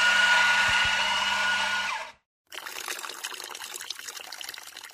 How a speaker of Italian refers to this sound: Ci fai un caffè? Caffè in preparazione.